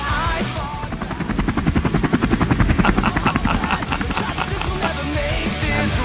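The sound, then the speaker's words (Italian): Loud, steady helicopter rotor noise with a rapid rhythmic chopping thump, the blades beating evenly over a low engine roar for the whole stretch, with no voices; Guardia di Finanza helicopters chasing a person. “dove con gli elicotteri della Guardia di Finanza sono andati a inseguire quella persona come se fosse Pablo Escobar”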